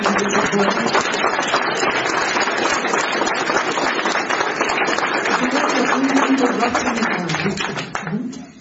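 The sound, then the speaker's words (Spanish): A church audience applauds loudly and steadily, a dense crackle of many hands sustained for several seconds with voices mixed in, before fading out at the end. “Y de mi fuerte aplauso”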